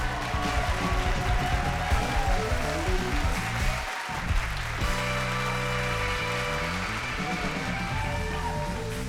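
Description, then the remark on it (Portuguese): An audience applauds in a dense, continuous wash of clapping that holds steady throughout, briefly thinning for a moment midway, with some tonal crowd noise mixed in. “Aplausos.”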